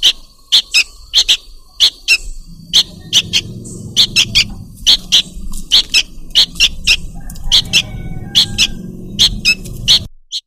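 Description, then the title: Bird calls, rapid sharp high chips in paired and tripled bursts repeating steadily, with a low droning hum underneath for much. Lure call compilation used to attract birds that are hard to approach. "Suara Burung Bandel Yang Susah Mendekati"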